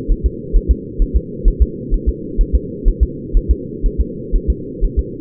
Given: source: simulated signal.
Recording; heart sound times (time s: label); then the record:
fetal heart sounds
0.12 s: S1
0.26 s: S2
0.56 s: S1
0.71 s: S2
1.02 s: S1
1.16 s: S2
1.48 s: S1
1.62 s: S2
1.94 s: S1
2.09 s: S2
2.41 s: S1
2.55 s: S2
2.88 s: S1
3.03 s: S2
3.37 s: S1
3.51 s: S2
3.86 s: S1
4.00 s: S2
4.35 s: S1
4.50 s: S2
4.84 s: S1
4.99 s: S2
From the record:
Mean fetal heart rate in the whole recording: 130 bpm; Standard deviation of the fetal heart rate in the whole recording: 4 bpm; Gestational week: 38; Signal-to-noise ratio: -4.1 dB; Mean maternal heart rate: no maternal heart sound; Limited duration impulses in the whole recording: absent